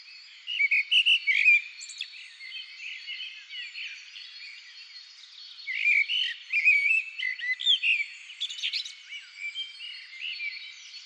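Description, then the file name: Common blackbird song: two bursts of fluty, warbling phrases separated by a quiet gap, with thin squeaky twitters mixed in and a faint steady high hum behind. "Turdus merula"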